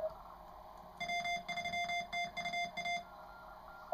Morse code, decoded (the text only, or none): W3TUA